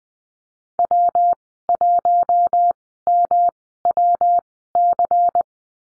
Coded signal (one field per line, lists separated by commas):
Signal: Morse code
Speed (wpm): 20 wpm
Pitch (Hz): 700 Hz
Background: none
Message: W1MWC